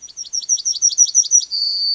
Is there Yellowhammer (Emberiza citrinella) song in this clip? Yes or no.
yes